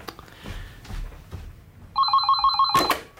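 A telephone rings with a rapid, warbling electronic trill at a steady, fairly high pitch. It comes in loudly after a stretch of low, murky background noise and cuts off with a brief clattering burst.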